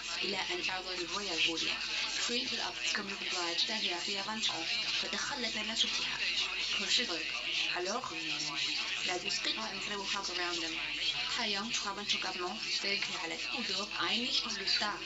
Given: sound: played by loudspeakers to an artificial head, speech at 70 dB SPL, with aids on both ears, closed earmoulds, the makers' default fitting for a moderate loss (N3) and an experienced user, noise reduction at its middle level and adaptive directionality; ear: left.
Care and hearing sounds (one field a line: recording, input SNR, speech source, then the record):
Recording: speech test signal (ISTS) in cocktail-party noise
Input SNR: +9 dB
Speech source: on the right (90 degrees)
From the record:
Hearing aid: class 1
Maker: A